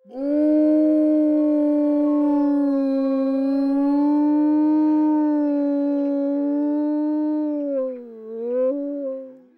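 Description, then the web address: Wolf howl: one long, smooth, low tone held steady for about nine seconds, wavering slightly before dipping and fading at the end. "ulv"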